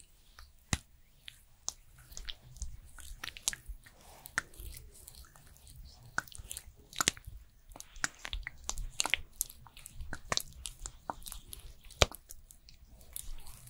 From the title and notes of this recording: ASMR Korean Special Skincare Routine for Winter (No Talking).